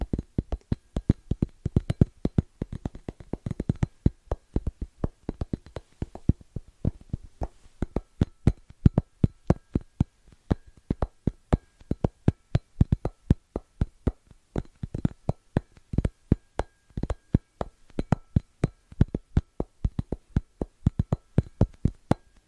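Fast, rhythmic tapping runs the whole way through, a quick stream of sharp knocks with a solid low thump under each. The pace stays busy and fairly even, with brief gaps and small shifts in loudness between bursts of taps.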